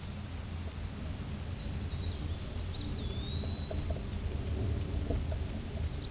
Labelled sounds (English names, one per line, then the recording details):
Eastern Wood-Pewee song
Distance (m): 30 m
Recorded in a Pennsylvania forest on 18 May 2023 at 14:11
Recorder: AudioMoth, point grid1_38_low
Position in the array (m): 207 m, 191 m